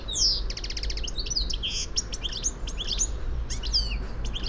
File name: Carduelis carduelis